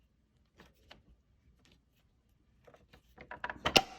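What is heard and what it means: A firearms accurizing torque wrench set to 1 Nm, used as a screwdriver with a bit, drives a screw into the wheel brush kit of a Husqvarna Automower robotic mower. Soft scattered taps and rustles lead into a run of sharp clicks. The torque setting is reached with clicks at 3.4, 3.7 and 3.8 seconds.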